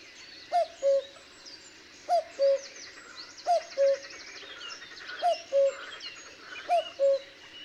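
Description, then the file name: Cuckoo giving steady low two-note calls, the second note lower, about every one and a half seconds over a busy wash of high songbird chatter. "minutes of cuckoos"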